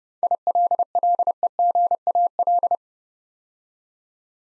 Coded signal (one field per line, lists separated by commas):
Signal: Morse code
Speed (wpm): 30 wpm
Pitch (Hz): 700 Hz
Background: none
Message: ILLEGAL